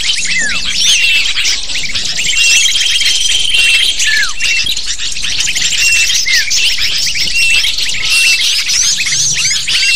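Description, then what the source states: Lovebird flock calling, a steady wash of high squeaky chirps and falling notes, with long flat whistles in the first half. Lure call used to attract lovebirds (pikat burung).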